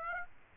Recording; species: mosquito wingbeat signal from an infrared sensor; Aedes aegypti